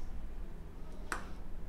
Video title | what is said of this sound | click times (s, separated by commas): Removing damaged square taper cranks - improvising and fixing a bicycle | okay you hear the click now i know i can start threading it | 1.1 s